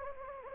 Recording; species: mosquito wingbeat signal from an infrared sensor; Anopheles gambiae